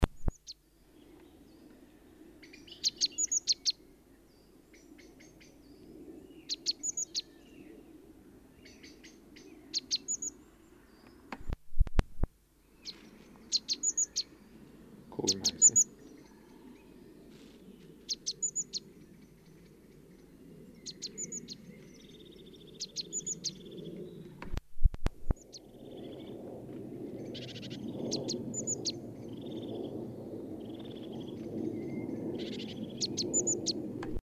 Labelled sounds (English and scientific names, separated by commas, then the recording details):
Great Tit (Parus major) song, Eurasian Nuthatch (Sitta europaea)
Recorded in the wild
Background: Sitta europaea
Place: Kaiserslautern, Rheinland-Pfalz, DE
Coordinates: 49.4403, 7.749
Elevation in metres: 261
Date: 1977-02-23
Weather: warm, sunny
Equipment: Nagra IV, Sennheiser MKH 405, Parabolreflektor
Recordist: Tretzel, Erwin
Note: Kaiserslautern-Sauenholz, Exkursion: Gesang